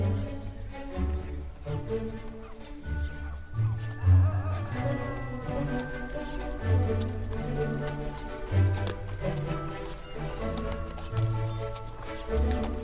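Horse carts move through a town with farm animals about, hooves clip-clopping in an irregular rhythm over a steady low rumble. Voices and scattered tonal calls rise and fall throughout, with a busier, fuller stretch after about four seconds.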